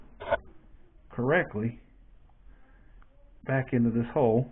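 During reassembly of a Lew's Speed Spool SPL XF1SH baitcasting reel, a small bar is lined up with its gap and worked back toward its hole while someone talks, with a faint, brief tap at about 3.0 s between the speech. Nothing has seated or clicked into place yet.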